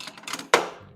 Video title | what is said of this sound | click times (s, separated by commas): Harley Davidson Street Glide Screamin' Eagle Compensator Upgrade Guide - Part 2 - Brock Auto Repair | I don't know if you just saw that or if the lights in the way but as I pushed on it it snapped back in the groove like we want | 0.5 s